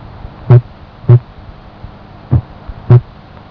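Adult heart sounds heard through a stethoscope: four dull, low-pitched thumps over three and a half seconds, in two pairs about 0.6 seconds apart with a longer pause between the pairs, against a faint steady hiss.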